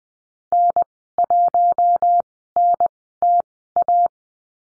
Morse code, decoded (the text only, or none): N1NTA